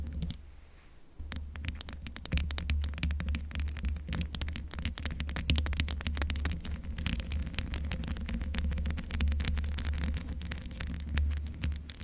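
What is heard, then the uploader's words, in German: Microphone scratching without a pop filter: after a quiet first second, dense rapid scraping and crackling clicks start and run steadily to the end. A strong low rumble underlies the whole stretch, with occasional louder thumps, and faint hiss sits beneath. Mic Scratching ohne Popschutz.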